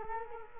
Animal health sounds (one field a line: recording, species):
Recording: mosquito wingbeat signal from an infrared sensor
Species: Culex quinquefasciatus